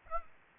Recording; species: mosquito wingbeat signal from an infrared sensor; Aedes aegypti